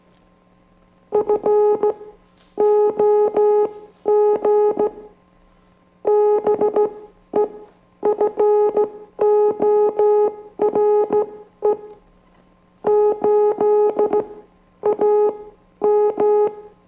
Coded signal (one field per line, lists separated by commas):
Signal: Morse code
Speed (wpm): 15 wpm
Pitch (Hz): 420 Hz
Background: music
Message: FOG BEFORE 8AM